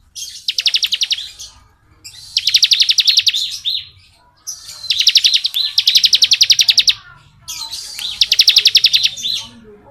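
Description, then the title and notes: Bar-winged prinia giving loud machine-gun trills of sharp high notes, five or so bursts in ten seconds, some run back to back. Song in the ngebren style, used as tutor audio for training murai batu songbirds. "Ciblek Ngebren Untuk Masteran Murai Batu. Suara burung ciblek - Suara Nada"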